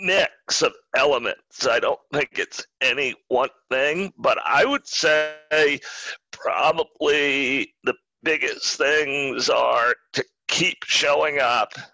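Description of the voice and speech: A man speaks in short, choppy bursts with a creaky, strained voice, stretched sounds and unexpected pauses mid-phrase. These voice breaks fit spasmodic dysphonia, a rare neurological voice disorder in which the throat muscles spasm, squeeze and constrict during speech, making speaking more difficult. Onset was in 2010.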